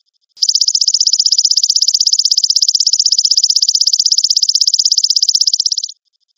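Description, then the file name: Grasshopper call: one steady, buzzy, high trill of rapid even pulses lasting about five and a half seconds, beginning and ending abruptly, with no other sounds. "suara belalang emas"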